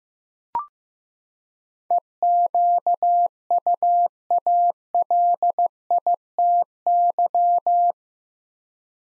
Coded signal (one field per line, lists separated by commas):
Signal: Morse code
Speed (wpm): 15 wpm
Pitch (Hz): 700 Hz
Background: none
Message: EQUALITY